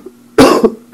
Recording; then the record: coughing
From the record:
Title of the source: Coughing 77